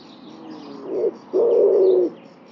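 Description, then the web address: Bird: single low coo, a soft short note, then a held, even tone lasting under a second. "cianscape birddata Deverinetal 2025 Bird Only"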